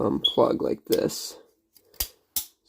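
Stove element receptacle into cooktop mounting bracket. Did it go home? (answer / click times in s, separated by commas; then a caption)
yes / 2.0 s, 2.4 s. Someone talks, then a replacement terminal block (plug receptacle) for an electric stove-top element is pushed into its sheet-metal cooktop mounting bracket. Sharp snaps at 2.0 s and 2.4 s mark it seating in the bracket.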